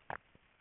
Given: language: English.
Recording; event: throat vibration sensor signal played as sound; swallow